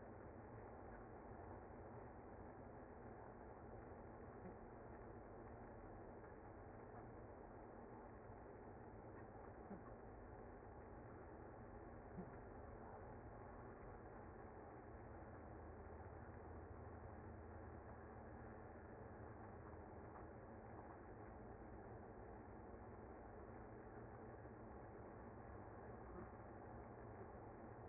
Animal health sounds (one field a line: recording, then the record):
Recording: honeybee colony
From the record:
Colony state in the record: active